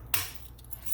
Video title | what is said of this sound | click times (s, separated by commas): Schlage Locks | and it's not fully in there yet once you get past that first click you're gonna put the key all the way in | 0.1 s